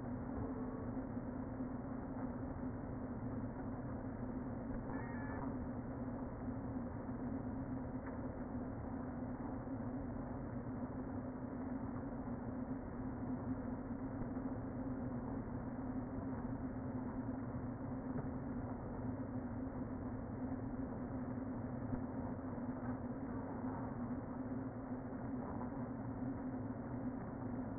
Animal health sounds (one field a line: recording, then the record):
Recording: honeybee colony, microphone inside the hive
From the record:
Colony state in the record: queen present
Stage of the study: before two queens were removed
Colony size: about 60,000 bees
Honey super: yes